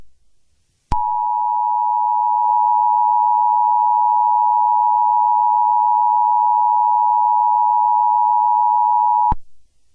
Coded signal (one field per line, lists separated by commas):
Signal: Emergency Alert System (SAME) tones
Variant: 853 and 960 Hz attention tone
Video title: EAS Scenario - Covid.